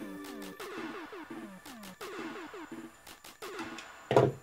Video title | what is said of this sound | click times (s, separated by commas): Luke - Black Series Lightsaber (2015) - Remove Blade [How To] | Pops in there | 4.1 s